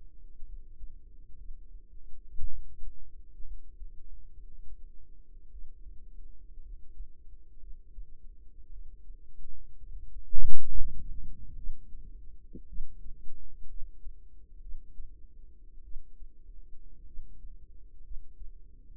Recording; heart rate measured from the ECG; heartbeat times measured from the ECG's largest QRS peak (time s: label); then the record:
heart sounds by microphone in the right ear; 58 bpm
0.45 s: heartbeat
1.37 s: heartbeat
2.49 s: heartbeat
3.43 s: heartbeat
4.33 s: heartbeat
5.51 s: heartbeat
6.61 s: heartbeat
7.59 s: heartbeat
8.71 s: heartbeat
9.78 s: heartbeat
10.67 s: heartbeat
11.56 s: heartbeat
12.67 s: heartbeat
13.68 s: heartbeat
14.60 s: heartbeat
15.83 s: heartbeat
17.06 s: heartbeat
18.03 s: heartbeat
18.93 s: heartbeat
From the record:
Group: healthy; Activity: rest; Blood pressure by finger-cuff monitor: 94/59 mmHg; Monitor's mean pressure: 70 mmHg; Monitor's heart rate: 59 bpm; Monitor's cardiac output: 4.6 L/min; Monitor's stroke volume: 78 mL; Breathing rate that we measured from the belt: 17 breaths a minute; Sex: female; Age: 36 years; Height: 163 cm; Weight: 88 kg